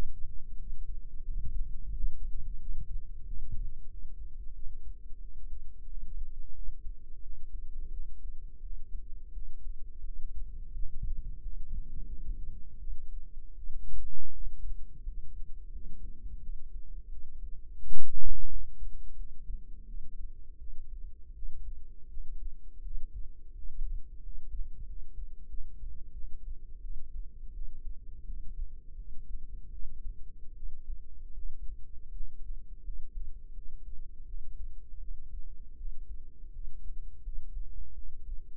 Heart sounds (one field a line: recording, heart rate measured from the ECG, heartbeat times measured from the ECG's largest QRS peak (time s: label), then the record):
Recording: heart sounds by microphone in the right ear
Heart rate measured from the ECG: 85 bpm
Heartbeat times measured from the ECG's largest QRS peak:
0.57 s: heartbeat
1.23 s: heartbeat
1.92 s: heartbeat
2.58 s: heartbeat
3.24 s: heartbeat
3.88 s: heartbeat
4.54 s: heartbeat
5.19 s: heartbeat
5.85 s: heartbeat
6.53 s: heartbeat
7.21 s: heartbeat
7.90 s: heartbeat
8.60 s: heartbeat
9.32 s: heartbeat
10.03 s: heartbeat
10.73 s: heartbeat
11.40 s: heartbeat
12.08 s: heartbeat
12.78 s: heartbeat
13.54 s: heartbeat
14.32 s: heartbeat
15.03 s: heartbeat
15.70 s: heartbeat
16.40 s: heartbeat
17.08 s: heartbeat
17.79 s: heartbeat
18.48 s: heartbeat
19.15 s: heartbeat
19.85 s: heartbeat
20.57 s: heartbeat
21.33 s: heartbeat
22.08 s: heartbeat
22.81 s: heartbeat
23.53 s: heartbeat
24.21 s: heartbeat
24.85 s: heartbeat
25.48 s: heartbeat
26.12 s: heartbeat
26.80 s: heartbeat
27.52 s: heartbeat
28.24 s: heartbeat
28.95 s: heartbeat
29.70 s: heartbeat
30.53 s: heartbeat
31.33 s: heartbeat
32.11 s: heartbeat
32.82 s: heartbeat
33.53 s: heartbeat
34.25 s: heartbeat
34.99 s: heartbeat
35.76 s: heartbeat
36.51 s: heartbeat
37.22 s: heartbeat
37.93 s: heartbeat
From the record:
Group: healthy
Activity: rest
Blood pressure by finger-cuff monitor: 77/41 mmHg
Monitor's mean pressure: 57 mmHg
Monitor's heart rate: 86 bpm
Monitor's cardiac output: 8.5 L/min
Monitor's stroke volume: 99 mL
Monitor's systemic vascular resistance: 460 dyn s/cm5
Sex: female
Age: 22 years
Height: 161 cm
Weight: 65.5 kg